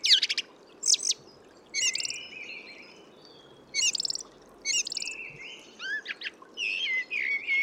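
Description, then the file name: Eurasian blackbird song: short fluty whistles near mid pitch alternating with high, sharp twittering notes, in bursts with brief pauses, over a steady soft background hiss. "Turdus merula"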